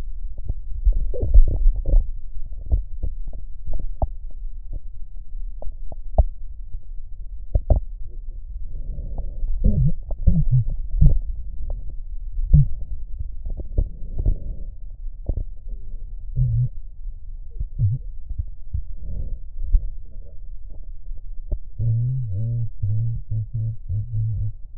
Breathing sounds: lung sounds by stethoscope; right posterior basal chest; quiet breathing, then cough and speech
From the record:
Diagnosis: none (healthy); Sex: male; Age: 35 years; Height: 186 cm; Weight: 108 kg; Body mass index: 31.2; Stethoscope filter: extended mode

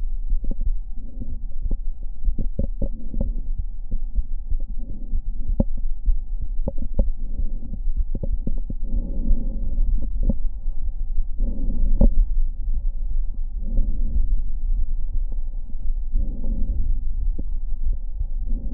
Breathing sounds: lung sounds by stethoscope; left anterior apical chest; quiet breathing, then deep breathing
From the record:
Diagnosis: interstitial lung disease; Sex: female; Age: 60 years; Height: 154 cm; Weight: 68.1 kg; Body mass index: 28.7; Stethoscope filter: diaphragm mode

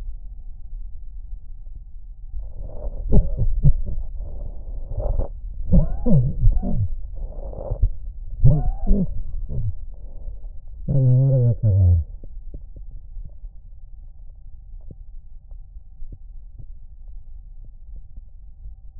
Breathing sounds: lung sounds by stethoscope; right anterior apical chest; quiet breathing, then cough and speech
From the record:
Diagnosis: COPD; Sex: male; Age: 85 years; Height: 183 cm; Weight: 88 kg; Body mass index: 26.3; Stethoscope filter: extended mode

